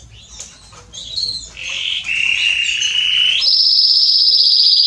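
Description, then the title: Belgian canary song: faint opening notes building into a low rolling trill that leaps to a loud, fast, high trill. Male Belgian canary singing a lot, used for warming up and training young canaries. "Canary Training 17 Esquente Seu Filhote E Canario Belga Em 30 Minutos Macho Cantando Muito. CANTO DO CANRIO"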